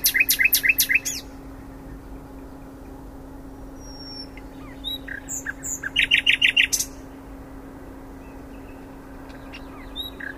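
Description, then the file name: Common nightingale song: a rapid run of repeated notes, a long quiet gap with faint whistles, then another quick series of sharp repeated notes. "Luscinia megarhynchos"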